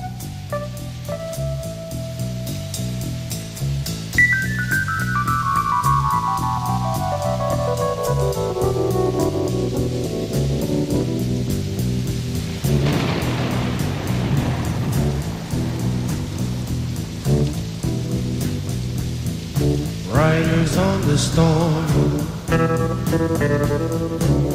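Steady rain hisses beneath a moody instrumental: a pulsing bass line, a descending run of electric piano notes, and a brief swell of noisy washes partway through. No voices.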